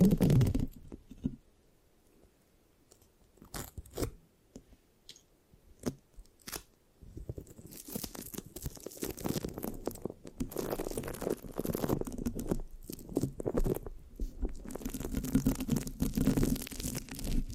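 Scratching and sticky rubbing on a microphone, with no talking. Sparse crisp clicks and crackles come first, then from about seven seconds a dense, continuous scratching with a low rumble runs to the end, sometimes briefly easing.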